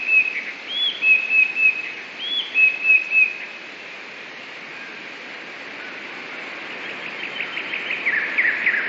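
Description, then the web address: Eurasian blue tit singing two quick phrases, each a rising-falling high note then a short run of level whistles, followed by quiet background chirping. "wroblowe teka 2 spiew. modraszkoteka"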